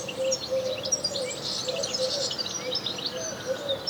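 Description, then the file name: European goldfinch twittering, quick high chirps and trills, over a low tonal sound in the background. "Carduelis carduelis"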